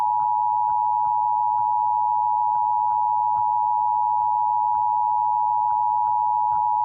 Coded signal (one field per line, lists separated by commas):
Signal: Emergency Alert System (SAME) tones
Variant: 853 and 960 Hz attention tone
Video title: Santa Barbara County Required Monthly Test (EAS #520-525) 11/3/21